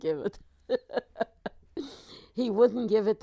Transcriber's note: laughs